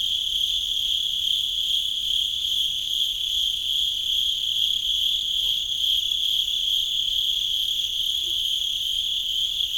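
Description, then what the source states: Cricket in a sustained shrill trill, level and unchanging. At Sakhalvasho, Georgia.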